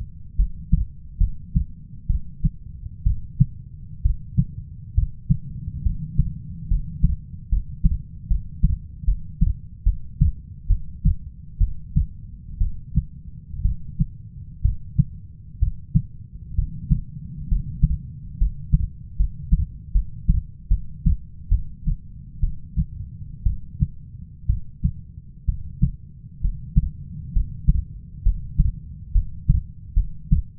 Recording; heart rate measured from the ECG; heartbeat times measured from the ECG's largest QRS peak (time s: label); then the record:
heart sounds by stethoscope; 67 bpm
0.36 s: heartbeat
1.18 s: heartbeat
2.07 s: heartbeat
3.04 s: heartbeat
4.02 s: heartbeat
4.95 s: heartbeat
5.83 s: heartbeat
6.68 s: heartbeat
7.49 s: heartbeat
8.28 s: heartbeat
9.05 s: heartbeat
9.84 s: heartbeat
10.67 s: heartbeat
11.58 s: heartbeat
12.58 s: heartbeat
13.62 s: heartbeat
14.62 s: heartbeat
15.59 s: heartbeat
16.55 s: heartbeat
17.48 s: heartbeat
18.38 s: heartbeat
19.17 s: heartbeat
19.92 s: heartbeat
20.68 s: heartbeat
21.49 s: heartbeat
22.41 s: heartbeat
23.44 s: heartbeat
24.47 s: heartbeat
25.46 s: heartbeat
26.41 s: heartbeat
27.33 s: heartbeat
28.23 s: heartbeat
29.12 s: heartbeat
29.94 s: heartbeat
From the record:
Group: healthy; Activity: cold pressor test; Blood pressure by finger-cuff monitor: 145/69 mmHg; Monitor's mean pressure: 93 mmHg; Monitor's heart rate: 66 bpm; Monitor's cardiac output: 6.5 L/min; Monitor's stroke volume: 97 mL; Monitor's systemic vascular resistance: 1050 dyn s/cm5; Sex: female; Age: 37 years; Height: 168 cm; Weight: 70 kg